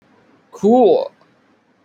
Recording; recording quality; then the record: sustained vowel as in boot; poor, much background noise or distortion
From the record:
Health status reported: healthy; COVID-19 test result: not tested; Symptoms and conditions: cough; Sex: male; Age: 20 years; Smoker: not ticked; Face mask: not worn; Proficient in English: yes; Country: India